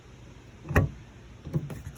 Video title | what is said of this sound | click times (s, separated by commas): How To Repair a 2000-2006 Tahoe LIFTGate. Easy **REPAIR** | Heard it click. Oh, look at there. | 0.8 s